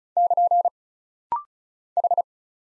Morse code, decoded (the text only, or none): <KN> H